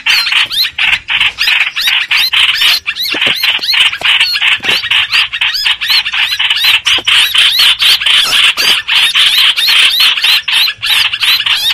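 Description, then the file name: Streak-eared bulbul, dense, relentless chatter of harsh, squeaky notes, roughly four per second, with little variation. Distress call given to call the flock. "Tieng chim trao trao keu cuu goi bay"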